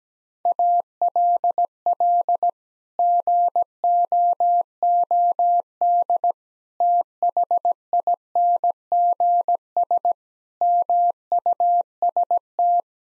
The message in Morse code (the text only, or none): ALL GOOD THINGS MUST